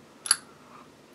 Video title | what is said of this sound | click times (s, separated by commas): Sig P365 X Macro Comp Tabletop Review and Field Strip | But as I drop this in the barrel, we're going to listen for a clunk | 0.3 s